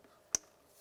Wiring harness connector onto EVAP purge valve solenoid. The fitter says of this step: i got a click i'm going to give it a little tug to make sure it's completely secure here and then we'll also re-secure the wires